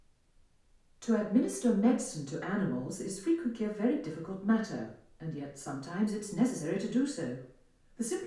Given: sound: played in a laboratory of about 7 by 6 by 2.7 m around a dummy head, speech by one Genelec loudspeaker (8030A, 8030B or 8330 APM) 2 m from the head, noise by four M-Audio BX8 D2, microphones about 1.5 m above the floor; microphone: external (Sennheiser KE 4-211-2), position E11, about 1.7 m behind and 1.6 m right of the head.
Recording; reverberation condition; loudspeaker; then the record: female speech in English; medium; 90 degrees to the left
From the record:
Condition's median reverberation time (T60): about 510 ms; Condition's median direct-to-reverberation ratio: about -0.5 dB